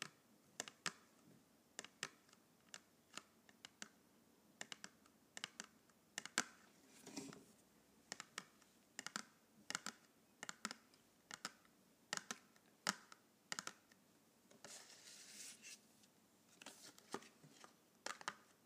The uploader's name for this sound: ASMR Colored Pencils